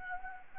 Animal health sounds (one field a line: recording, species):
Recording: mosquito wingbeat signal from an infrared sensor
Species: Anopheles gambiae